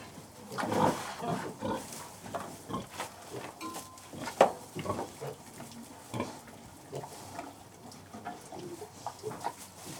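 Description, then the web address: Pigs giving irregular grunts with occasional squeaks amid rustling. General atmosphere in a farrowing pen. "BBC Sound Effects Library. General Atmosphere In Farrowing"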